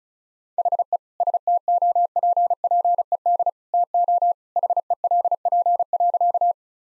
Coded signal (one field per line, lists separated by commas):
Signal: Morse code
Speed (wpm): 36 wpm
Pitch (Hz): 700 Hz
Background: none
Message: HE STOPPED TO HELP.